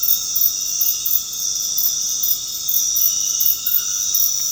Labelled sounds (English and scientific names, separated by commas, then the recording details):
none
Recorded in dense forest near Puerto Asís, Putumayo, Colombia, on 8 March 2025 at 20:30
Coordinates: 0.486, -76.317
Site G053